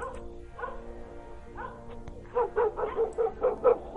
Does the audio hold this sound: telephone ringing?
no